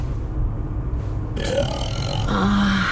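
A man breathes like a fish: a wet, throaty gasp sets in partway through, a gulping breath with the mouth popping open every few seconds, sustained and fairly loud with a rough, burp-like texture and no talking.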